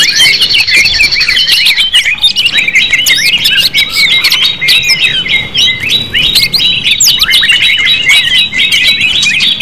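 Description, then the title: Leafbird song: a loud, continuous stream of varied high chirps, slurred whistles and rapid trills, with a thin steady tone running underneath. "CUCAK IJO"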